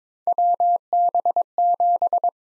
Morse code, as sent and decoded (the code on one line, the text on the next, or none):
.-- -... --...
WB7